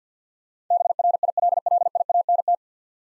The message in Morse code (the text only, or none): BRILLIANT